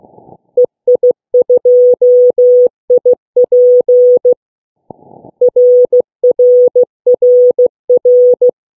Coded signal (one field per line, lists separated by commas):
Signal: Morse code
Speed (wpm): 15 wpm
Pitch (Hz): 490 Hz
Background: none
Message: EI2IP RRRR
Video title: CW Contact with 11 year old Ryan, EI8KW and Robbie, Ei2iP.